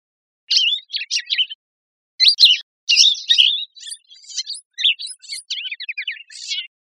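Bird singing in bursts of quick, high, warbled phrases with short gaps, turning into a longer run of varied chirps and slurred notes.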